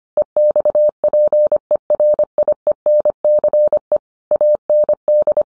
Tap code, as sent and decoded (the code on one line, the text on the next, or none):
none